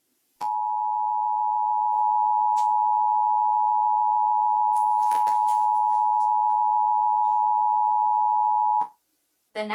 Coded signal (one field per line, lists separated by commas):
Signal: Emergency Alert System (SAME) tones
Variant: 853 and 960 Hz attention tone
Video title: Emergency Alert System Anomaly (Circa 2011)